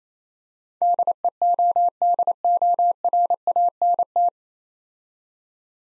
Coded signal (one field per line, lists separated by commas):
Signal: Morse code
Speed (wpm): 28 wpm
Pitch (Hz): 700 Hz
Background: none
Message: DEODORANT